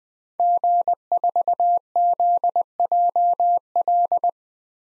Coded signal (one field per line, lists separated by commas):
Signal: Morse code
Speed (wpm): 20 wpm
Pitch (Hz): 700 Hz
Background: none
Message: G4ZJL